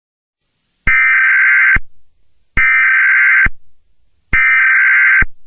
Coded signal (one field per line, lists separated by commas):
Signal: Emergency Alert System (SAME) tones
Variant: header bursts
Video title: EAS Scenario #11: Five Nights At Freddy's 4